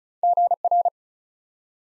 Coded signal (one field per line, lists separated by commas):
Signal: Morse code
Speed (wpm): 36 wpm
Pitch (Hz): 700 Hz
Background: none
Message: GR